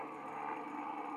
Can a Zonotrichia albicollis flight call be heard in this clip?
no